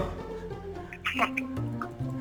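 A short radio show jingle, the show's own stinger played as a tribute to a caller on the phone: sustained electronic tones shift in pitch under bright squeaky, chirp-like effects, playing at a moderate, steady level for about two seconds.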